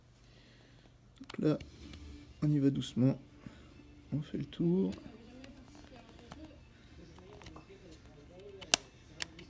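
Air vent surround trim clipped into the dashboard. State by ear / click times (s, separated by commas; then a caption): released / 8.7 s, 9.2 s. A fragile plastic air vent surround clipped into the dashboard of an Audi TT is worked gently around its edge to pry it out while someone talks. Its small retaining clips let go with sharp clicks at 8.7 s and 9.2 s, a good sign that the trim is releasing.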